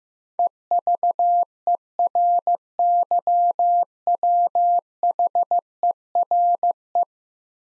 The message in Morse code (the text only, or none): EVERYWHERE